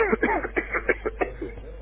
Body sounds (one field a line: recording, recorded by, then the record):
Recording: voluntary cough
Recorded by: telephone call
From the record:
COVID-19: positive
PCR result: checked with the laboratory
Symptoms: no